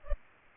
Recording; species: mosquito wingbeat signal from an infrared sensor; Culex pipiens